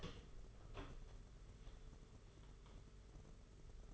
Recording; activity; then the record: daily activity, microphone in the room; open door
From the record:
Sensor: 4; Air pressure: 992.4 hPa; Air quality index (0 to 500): 114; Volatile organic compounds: 22 ppm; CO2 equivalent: 2750 ppm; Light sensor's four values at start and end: 21/74/27/28 and 21/73/27/28